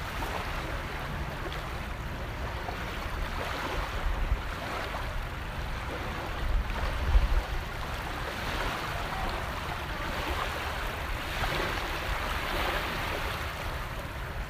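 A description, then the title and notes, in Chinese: Beach sound of waves washing in a steady, dense rush, with slow swells rising and falling every few seconds. A low rumble underlies it, and a few heavier thumps come around the seventh second, perhaps a wave breaking. 浪之声 Beach Sound。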